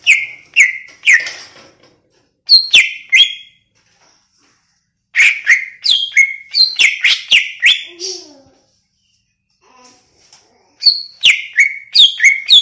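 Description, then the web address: Greater green leafbird singing bright, slurred whistles in clustered bursts, then a long fast run of notes after a pause; a soft low note sounds once in between. Cucak ijo from Banyuwangi, described as gacor. "cucak-ijo suara-cucak-ijo-banyuwangi-gacor"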